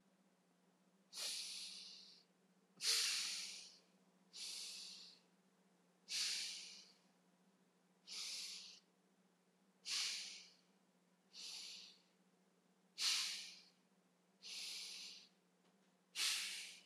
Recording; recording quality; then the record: deep breathing; excellent, no background noise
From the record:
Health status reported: healthy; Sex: male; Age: 25 years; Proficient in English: yes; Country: India